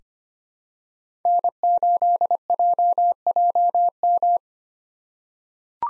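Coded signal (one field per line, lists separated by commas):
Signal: Morse code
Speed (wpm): 25 wpm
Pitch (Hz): 700 Hz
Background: none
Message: N8JJM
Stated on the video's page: Morse head-copy drill of common POTA hunter call signs at 25 wpm, each sent, then spoken, then sent again.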